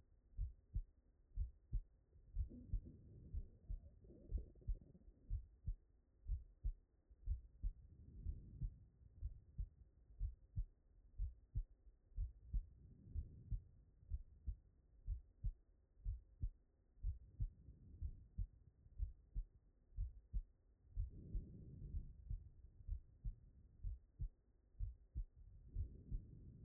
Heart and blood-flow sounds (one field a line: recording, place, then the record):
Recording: heart sounds by stethoscope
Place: pulmonary valve (PV)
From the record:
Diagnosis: non-HFrEF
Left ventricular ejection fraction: 56%